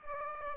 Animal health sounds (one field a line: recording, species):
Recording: mosquito wingbeat signal from an infrared sensor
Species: Aedes aegypti